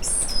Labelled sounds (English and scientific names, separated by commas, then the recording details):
Stitchbird (Notiomystis cincta) song
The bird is a male
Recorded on Tiritiri Matangi Island, New Zealand, in 2005
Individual 9, of nest box 11